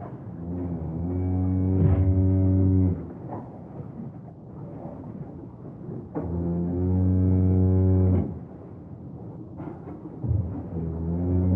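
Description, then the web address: Cow mooing: two long, deep, steady moos of about two seconds each, a third starting near the end, with barn shuffling and rustling between calls. "Madacy Music Group Inc 292 Sound Effects. Cow Barn"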